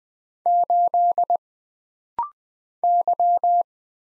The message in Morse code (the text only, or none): 8 Y